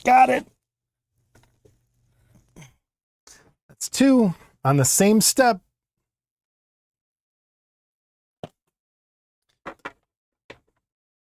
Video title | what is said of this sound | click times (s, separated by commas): Live From The Bench! Blokees Evangelion Unit - 01 build | It doesn't snap in like hold on. | none